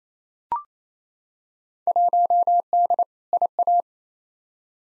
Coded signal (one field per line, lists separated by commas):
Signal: Morse code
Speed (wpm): 28 wpm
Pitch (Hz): 700 Hz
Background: none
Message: 1D IA